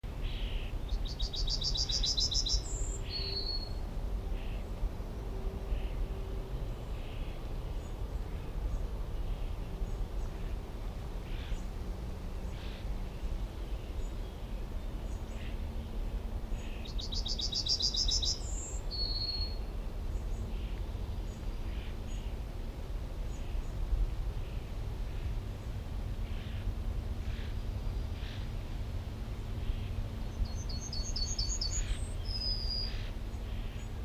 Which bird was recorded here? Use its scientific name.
Emberiza citrinella